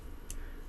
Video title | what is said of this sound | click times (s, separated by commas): iSub Apex by Innokin - Review! | and it just pops right in just like that | 0.3 s